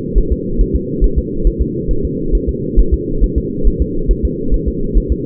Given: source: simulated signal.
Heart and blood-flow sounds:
fetal heart sounds
0.18 s: S1
0.33 s: S2
0.61 s: S1
0.75 s: S2
1.04 s: S1
1.18 s: S2
1.47 s: S1
1.62 s: S2
1.91 s: S1
2.05 s: S2
2.35 s: S1
2.49 s: S2
2.79 s: S1
2.94 s: S2
3.24 s: S1
3.38 s: S2
3.67 s: S1
3.82 s: S2
4.11 s: S1
4.25 s: S2
4.54 s: S1
4.68 s: S2
4.97 s: S1
5.12 s: S2
From the record:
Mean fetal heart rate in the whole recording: 135 bpm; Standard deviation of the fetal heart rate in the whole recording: 3 bpm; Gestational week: 36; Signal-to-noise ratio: -8.1 dB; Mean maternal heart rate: 72 bpm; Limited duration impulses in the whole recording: absent

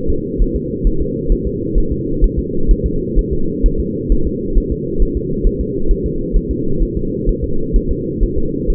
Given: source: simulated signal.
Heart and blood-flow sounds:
fetal heart sounds
0.10 s: S2
0.42 s: S1
0.56 s: S2
0.87 s: S1
1.01 s: S2
1.32 s: S1
1.47 s: S2
1.78 s: S1
1.92 s: S2
2.24 s: S1
2.39 s: S2
2.71 s: S1
2.86 s: S2
3.19 s: S1
3.33 s: S2
3.66 s: S1
3.80 s: S2
4.12 s: S1
4.27 s: S2
4.58 s: S1
4.72 s: S2
5.02 s: S1
5.17 s: S2
5.47 s: S1
5.61 s: S2
5.91 s: S1
6.06 s: S2
6.37 s: S1
6.51 s: S2
6.82 s: S1
6.97 s: S2
7.29 s: S1
7.44 s: S2
7.76 s: S1
7.91 s: S2
8.23 s: S1
8.38 s: S2
8.70 s: S1
From the record:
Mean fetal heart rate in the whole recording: 130 bpm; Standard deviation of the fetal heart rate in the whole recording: 4 bpm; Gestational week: 38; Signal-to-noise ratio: -8.1 dB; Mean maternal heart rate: 72 bpm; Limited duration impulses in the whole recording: present

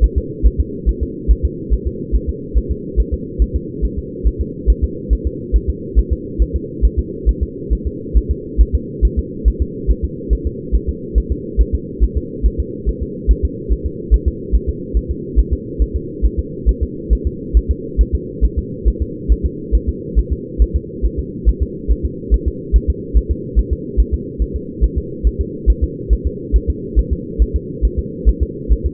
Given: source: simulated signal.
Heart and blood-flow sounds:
fetal heart sounds
0.04 s: S1
0.18 s: S2
0.47 s: S1
0.60 s: S2
0.89 s: S1
1.03 s: S2
1.31 s: S1
1.45 s: S2
1.73 s: S1
1.87 s: S2
2.15 s: S1
2.29 s: S2
2.58 s: S1
2.71 s: S2
3.00 s: S1
3.14 s: S2
3.42 s: S1
3.56 s: S2
3.85 s: S1
3.99 s: S2
4.27 s: S1
4.41 s: S2
4.70 s: S1
4.84 s: S2
5.13 s: S1
5.27 s: S2
5.56 s: S1
5.70 s: S2
5.99 s: S1
6.13 s: S2
6.42 s: S1
6.56 s: S2
6.85 s: S1
6.99 s: S2
7.29 s: S1
7.43 s: S2
7.73 s: S1
7.87 s: S2
8.17 s: S1
8.31 s: S2
8.61 s: S1
8.75 s: S2
9.05 s: S1
9.19 s: S2
9.48 s: S1
9.62 s: S2
9.91 s: S1
10.04 s: S2
10.33 s: S1
10.47 s: S2
10.75 s: S1
10.89 s: S2
11.18 s: S1
11.32 s: S2
11.61 s: S1
11.75 s: S2
12.04 s: S1
12.18 s: S2
12.46 s: S1
12.60 s: S2
12.89 s: S1
13.03 s: S2
13.31 s: S1
13.45 s: S2
13.72 s: S1
13.86 s: S2
14.14 s: S1
14.28 s: S2
14.55 s: S1
14.69 s: S2
14.97 s: S1
15.11 s: S2
15.39 s: S1
15.53 s: S2
15.82 s: S1
15.96 s: S2
16.25 s: S1
16.39 s: S2
16.69 s: S1
16.83 s: S2
17.13 s: S1
17.27 s: S2
17.57 s: S1
17.71 s: S2
18.01 s: S1
18.15 s: S2
18.45 s: S1
18.59 s: S2
18.88 s: S1
19.02 s: S2
19.32 s: S1
19.46 s: S2
19.75 s: S1
19.89 s: S2
20.19 s: S1
20.33 s: S2
20.62 s: S1
20.76 s: S2
21.05 s: S1
21.19 s: S2
21.49 s: S1
21.63 s: S2
21.91 s: S1
22.05 s: S2
22.34 s: S1
22.48 s: S2
22.76 s: S1
22.90 s: S2
23.17 s: S1
23.31 s: S2
23.59 s: S1
23.73 s: S2
24.00 s: S1
24.14 s: S2
24.42 s: S1
24.56 s: S2
24.84 s: S1
24.98 s: S2
25.27 s: S1
25.41 s: S2
25.70 s: S1
25.84 s: S2
26.13 s: S1
26.27 s: S2
26.56 s: S1
26.70 s: S2
26.99 s: S1
27.13 s: S2
27.42 s: S1
27.56 s: S2
27.85 s: S1
27.99 s: S2
28.29 s: S1
28.43 s: S2
28.72 s: S1
28.86 s: S2
From the record:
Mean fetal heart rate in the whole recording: 140 bpm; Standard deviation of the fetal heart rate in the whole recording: 2 bpm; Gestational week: 34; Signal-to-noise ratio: -4.1 dB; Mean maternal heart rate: no maternal heart sound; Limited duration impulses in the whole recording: absent

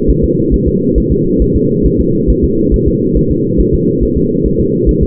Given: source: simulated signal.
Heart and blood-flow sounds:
fetal heart sounds
0.10 s: S1
0.24 s: S2
0.54 s: S1
0.68 s: S2
0.98 s: S1
1.12 s: S2
1.42 s: S1
1.56 s: S2
1.86 s: S1
2.00 s: S2
2.30 s: S1
2.44 s: S2
2.74 s: S1
2.88 s: S2
3.17 s: S1
3.31 s: S2
3.60 s: S1
3.74 s: S2
4.03 s: S1
4.17 s: S2
4.46 s: S1
4.60 s: S2
4.89 s: S1
5.03 s: S2
From the record:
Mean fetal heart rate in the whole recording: 140 bpm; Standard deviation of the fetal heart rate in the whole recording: 2 bpm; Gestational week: 34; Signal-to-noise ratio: -11.2 dB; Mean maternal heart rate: 72 bpm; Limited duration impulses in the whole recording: present

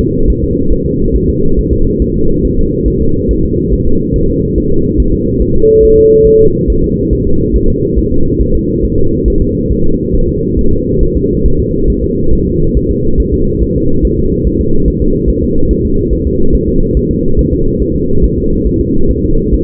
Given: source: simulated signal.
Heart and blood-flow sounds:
fetal heart sounds
0.01 s: S2
0.30 s: S1
0.44 s: S2
0.72 s: S1
0.86 s: S2
1.15 s: S1
1.29 s: S2
1.59 s: S1
1.73 s: S2
2.02 s: S1
2.16 s: S2
2.45 s: S1
2.59 s: S2
2.88 s: S1
3.02 s: S2
3.31 s: S1
3.45 s: S2
3.73 s: S1
3.87 s: S2
4.16 s: S1
4.30 s: S2
4.58 s: S1
4.72 s: S2
5.00 s: S1
5.14 s: S2
5.42 s: S1
5.56 s: S2
5.85 s: S1
5.99 s: S2
6.27 s: S1
6.41 s: S2
6.70 s: S1
6.84 s: S2
7.13 s: S1
7.27 s: S2
7.56 s: S1
7.70 s: S2
7.98 s: S1
8.12 s: S2
8.41 s: S1
8.55 s: S2
8.85 s: S1
8.98 s: S2
9.28 s: S1
9.42 s: S2
9.71 s: S1
9.86 s: S2
10.15 s: S1
10.29 s: S2
10.59 s: S1
10.73 s: S2
11.03 s: S1
11.17 s: S2
11.46 s: S1
11.60 s: S2
11.90 s: S1
12.04 s: S2
12.33 s: S1
12.47 s: S2
12.77 s: S1
12.91 s: S2
13.20 s: S1
13.34 s: S2
13.62 s: S1
13.77 s: S2
14.05 s: S1
14.19 s: S2
14.47 s: S1
14.61 s: S2
14.88 s: S1
15.02 s: S2
15.29 s: S1
15.43 s: S2
15.71 s: S1
15.85 s: S2
16.13 s: S1
16.27 s: S2
16.55 s: S1
16.69 s: S2
16.97 s: S1
17.11 s: S2
17.39 s: S1
17.53 s: S2
17.82 s: S1
17.96 s: S2
18.24 s: S1
18.38 s: S2
18.67 s: S1
18.81 s: S2
19.11 s: S1
19.25 s: S2
19.54 s: S1
From the record:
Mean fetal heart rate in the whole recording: 140 bpm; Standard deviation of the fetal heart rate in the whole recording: 2 bpm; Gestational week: 34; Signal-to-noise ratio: -17.7 dB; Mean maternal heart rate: 72 bpm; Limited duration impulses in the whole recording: present

